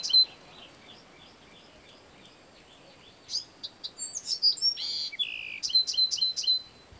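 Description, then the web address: Bewick's wren singing: faint high notes first, then a fuller phrase of chips and a buzzy note, ending in several rapid repeated high notes. "BEWR birds wrens"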